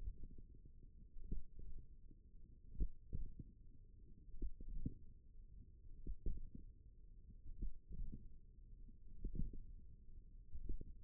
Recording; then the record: forearm muscle sounds (acoustic myography)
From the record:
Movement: tripod grip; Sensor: system 1, eight BSWA MPA416 microphones around the upper forearm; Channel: 4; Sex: female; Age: 21 years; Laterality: right